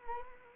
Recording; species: mosquito wingbeat signal from an infrared sensor; Anopheles arabiensis